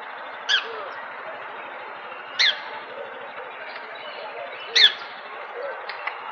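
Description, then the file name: Budgerigar calls: short, sharp, bright squawks, the first three about two seconds apart, then fainter ones about a second later, over a constant background hiss. "Budgie Sounds"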